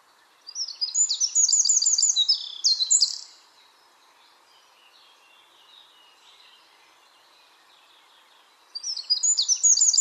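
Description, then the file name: Eurasian wren singing a rapid, high-pitched outpouring of sharp notes and trills for nearly three seconds, then silence before another vigorous song begins near the end. "Troglodytes troglodytes"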